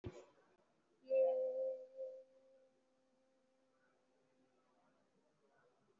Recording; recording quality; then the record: sustained vowel as in made; moderate, slight background noise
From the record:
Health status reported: respiratory illness, not identified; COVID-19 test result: negative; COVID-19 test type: RT-PCR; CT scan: not taken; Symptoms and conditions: cough, cold, breathing difficulty, asthma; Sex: female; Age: 20 years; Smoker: no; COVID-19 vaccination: one dose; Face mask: worn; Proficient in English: yes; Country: India